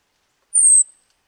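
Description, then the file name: Moss-backed tanager call: a single very high, thin, slightly descending note lasting about a third of a second, in otherwise silent surroundings. "Moss beaked Tanager"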